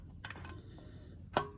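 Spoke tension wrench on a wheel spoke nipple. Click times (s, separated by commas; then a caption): 1.4 s. An Excel spoke tension wrench is turned on a motorcycle wheel's spoke nipple until it reaches its set tension. A few faint ticks come early in the clip, then the wrench gives a sharp click-off at 1.4 s, confirming the spoke is tensioned to the setting.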